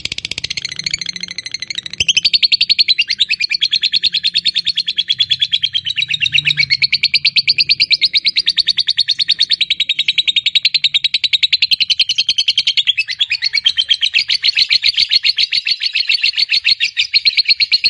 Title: Begitu Dengar Suara Lovebird FIGHTER NGEKEK PANJANG